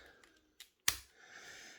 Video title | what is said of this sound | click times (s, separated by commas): Transformers X Jurassic Park Tyrannocon Rex & JP 93 | there you go to the head up to give it some space and then click it back down | 0.9 s